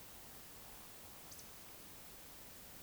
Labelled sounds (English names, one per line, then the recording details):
Eurasian Woodcock whistle
Eurasian Woodcock croak
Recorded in Baden-Württemberg, Germany, on 20 May 2021 at 19:51 UTC
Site 24606, 635 m above sea level